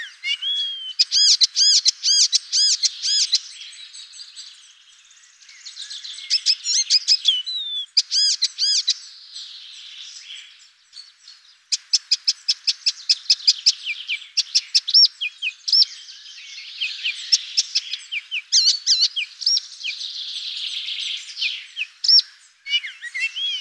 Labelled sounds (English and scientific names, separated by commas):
Icterine Warbler (Hippolais icterina) song